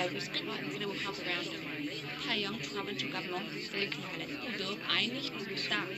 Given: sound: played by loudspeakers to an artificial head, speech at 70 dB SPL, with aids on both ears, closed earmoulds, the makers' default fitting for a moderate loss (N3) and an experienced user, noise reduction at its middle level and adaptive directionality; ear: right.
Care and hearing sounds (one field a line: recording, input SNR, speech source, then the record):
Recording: speech test signal (ISTS) in cocktail-party noise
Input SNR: -3 dB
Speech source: in front (0 degrees)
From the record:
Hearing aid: class 1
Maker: D